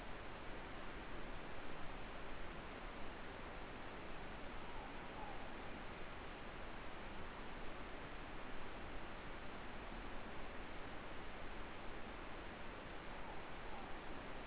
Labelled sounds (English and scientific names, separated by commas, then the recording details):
Morepork (Ninox novaeseelandiae) more-pork call
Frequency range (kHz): Morepork (Ninox novaeseelandiae) 0.6-1.1 kHz
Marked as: faintness 4/5
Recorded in New Zealand
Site Eglinton